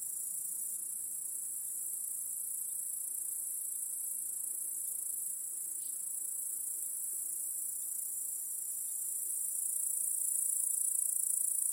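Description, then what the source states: Crickets chirping in a dense chorus, a steady high-pitched shimmering trill that holds without pause and swells slightly louder toward the end. Chorus of crickets in a home backyard at night.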